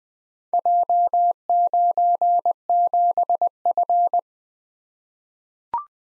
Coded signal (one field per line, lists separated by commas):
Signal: Morse code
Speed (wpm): 20 wpm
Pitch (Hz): 700 Hz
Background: none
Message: J97F